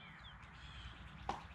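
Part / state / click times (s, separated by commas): nozzle tip into pressure washer wand quick-connect coupling / not seated / none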